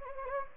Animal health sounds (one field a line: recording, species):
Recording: mosquito wingbeat signal from an infrared sensor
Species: Anopheles gambiae